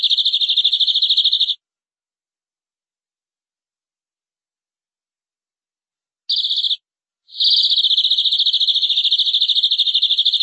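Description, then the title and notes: Canary song: fast rolling trills, one long at the start, a short burst later, then another long sustained trill. "BM Suara Kenari. BM Suara Burung Kenari"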